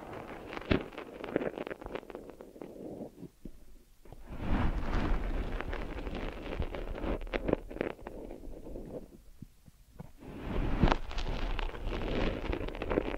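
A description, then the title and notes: Deep ear massage sounds: muffled, low rubbing and pressing that swells in long waves, with quiet dips around 3–4 and 9–10 seconds. Sharp little clicks and pops break through now and then, and the fuller rubbing returns near the end. ASMR Deep Ear Massage for Sleep(No Talking).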